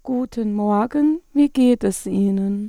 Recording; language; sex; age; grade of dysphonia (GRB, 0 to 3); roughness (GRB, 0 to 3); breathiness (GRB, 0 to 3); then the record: spoken sentence; German; female; 30 to 39 years; 0; 0; 0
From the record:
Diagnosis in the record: hyperfunctional dysphonia, dysodia (singing voice disorder); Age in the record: 38 years